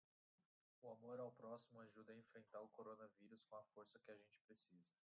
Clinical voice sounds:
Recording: spoken sentence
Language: Brazilian Portuguese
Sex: male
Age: 30 to 39 years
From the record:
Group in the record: control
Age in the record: 30 years

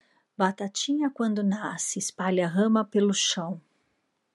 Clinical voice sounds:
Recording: short text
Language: Brazilian Portuguese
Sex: female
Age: 40 to 49 years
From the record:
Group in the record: control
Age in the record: 49 years

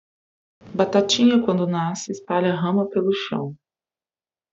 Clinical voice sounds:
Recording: short text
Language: Brazilian Portuguese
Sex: female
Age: 30 to 39 years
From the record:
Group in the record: control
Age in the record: 39 years

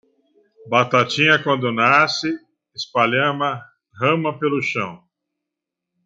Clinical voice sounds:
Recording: short text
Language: Brazilian Portuguese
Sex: male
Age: 50 to 59 years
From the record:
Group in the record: control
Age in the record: 56 years

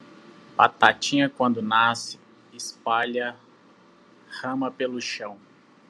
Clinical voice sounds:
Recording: short text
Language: Brazilian Portuguese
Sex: male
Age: 40 to 49 years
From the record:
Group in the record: control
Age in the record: 42 years

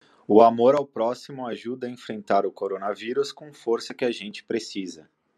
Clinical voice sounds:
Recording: spoken sentence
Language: Brazilian Portuguese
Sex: male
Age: 30 to 39 years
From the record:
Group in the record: control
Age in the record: 36 years

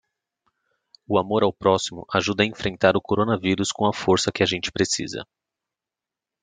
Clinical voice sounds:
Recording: spoken sentence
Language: Brazilian Portuguese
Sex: male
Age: 30 to 39 years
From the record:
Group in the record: control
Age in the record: 33 years

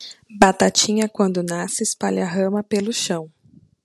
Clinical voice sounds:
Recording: short text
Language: Brazilian Portuguese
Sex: female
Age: 20 to 29 years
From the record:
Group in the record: control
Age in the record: 28 years

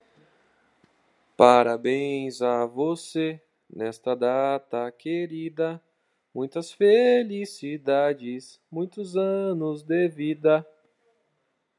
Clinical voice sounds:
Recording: short text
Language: Brazilian Portuguese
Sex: male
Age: 20 to 29 years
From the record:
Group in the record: control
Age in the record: 26 years

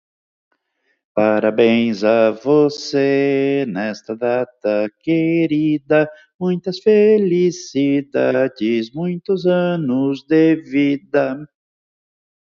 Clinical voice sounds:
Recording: short text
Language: Brazilian Portuguese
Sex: male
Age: 60 to 69 years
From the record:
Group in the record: control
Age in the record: 60 years

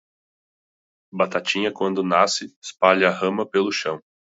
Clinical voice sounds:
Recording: short text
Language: Brazilian Portuguese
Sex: male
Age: 20 to 29 years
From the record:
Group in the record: control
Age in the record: 25 years

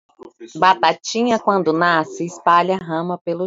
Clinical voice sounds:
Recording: short text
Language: Brazilian Portuguese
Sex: female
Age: 40 to 49 years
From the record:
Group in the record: control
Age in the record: 45 years

